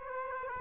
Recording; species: mosquito wingbeat signal from an infrared sensor; Aedes aegypti